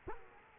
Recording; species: mosquito wingbeat signal from an infrared sensor; Culex quinquefasciatus